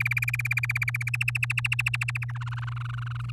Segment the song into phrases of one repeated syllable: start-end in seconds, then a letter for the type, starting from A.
0.00-1.10 A, 1.14-2.32 B, 2.35-3.31 C